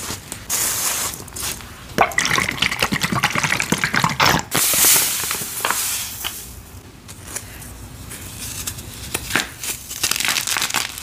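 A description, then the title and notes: Gym chalk being crushed, a dense run of dry crunching and crumbling with sharp cracks near 2, 4.5 and 7 seconds. The crunching is bright and gritty, busiest in the first half, then settles into softer, quieter crumbling. Crunchy Dyed Gym Chalk Crush. Crunchy gym chalk crushing, ocks and cubes, covered in baby oil and crushed for ASMR stress relief.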